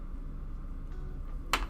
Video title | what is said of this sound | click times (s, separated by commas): Continuing First Model Tank Build (+ Decals MGSD Strike Freedom) | There we go. Couldn't get it to snap into place. Took a sec. | 1.5 s